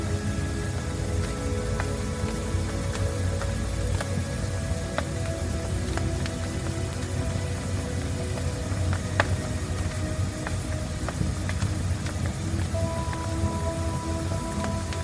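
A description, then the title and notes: A fire burns steadily with a dense, low roar, broken by sharp crackles and pops every second or two. Soft sustained music tones hum quietly underneath, with a new higher note entering near the end. Peaceful Fireplace with Meditation Music. Meditation music and nature sounds.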